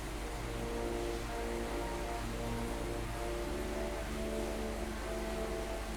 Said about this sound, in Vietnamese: Trời mưa rất là to và có sấm sét rồi.